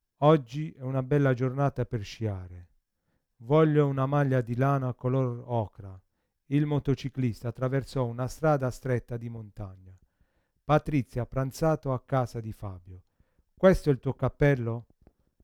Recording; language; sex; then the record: read phrases; Italian; male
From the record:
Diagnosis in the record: Parkinson's disease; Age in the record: 50 years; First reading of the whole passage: 72 s, 7.2 characters per second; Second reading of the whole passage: 54 s, 9.6 characters per second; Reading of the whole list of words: 40 s, 7.1 characters per second